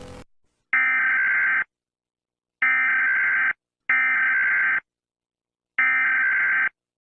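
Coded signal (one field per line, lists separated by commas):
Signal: Emergency Alert System (SAME) tones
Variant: header bursts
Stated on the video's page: Mock Indonesian EAS alert.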